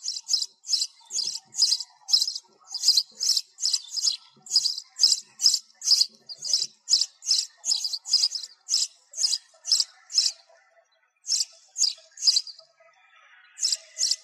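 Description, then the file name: Sparrow chirps, high and piercing, repeated about twice a second for ten seconds, then a short pause before a few more. Sparrow calling to its flock. "tieng se goi bay"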